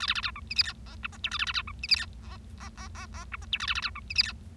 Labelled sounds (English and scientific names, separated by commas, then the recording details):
Bengalese Finch (Lonchura striata domestica) song
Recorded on 25 March 2012 at 12:16
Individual gy6or6